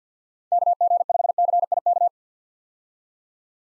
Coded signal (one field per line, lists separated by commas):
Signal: Morse code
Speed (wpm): 50 wpm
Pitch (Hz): 700 Hz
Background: none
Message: KG5CIK